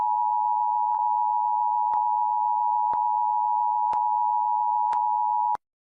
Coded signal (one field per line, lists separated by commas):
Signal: Emergency Alert System (SAME) tones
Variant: 853 and 960 Hz attention tone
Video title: YTTV CT Emergency Alert System WNET-WEDW w | English Subtitles-CC